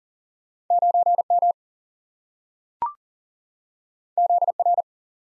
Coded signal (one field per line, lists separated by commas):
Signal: Morse code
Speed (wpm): 40 wpm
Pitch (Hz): 700 Hz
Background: none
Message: 9M ZR